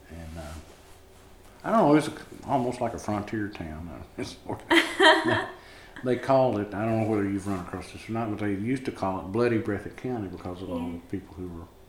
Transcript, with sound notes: and... I don’t know, it’s almost like a frontier town. [laughter] They called, I don’t know whether you’ve run across this or not, but they used to call it bloody Breathitt County because of all the people who were